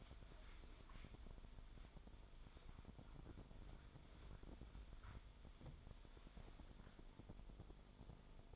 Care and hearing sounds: daily activity, microphone in the room; wipe stove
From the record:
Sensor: 5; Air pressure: 1003.4 hPa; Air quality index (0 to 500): 143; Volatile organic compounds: 2 ppm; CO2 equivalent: 1045 ppm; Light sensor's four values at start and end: 34/72/33/39 and 33/73/33/38

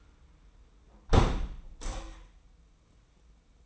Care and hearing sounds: daily activity, microphone in the room; close window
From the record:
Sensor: 1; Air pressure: 990.4 hPa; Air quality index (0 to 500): 172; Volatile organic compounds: 1000 ppm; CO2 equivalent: 6293 ppm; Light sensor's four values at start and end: 22/50/21/23 and 21/48/21/22

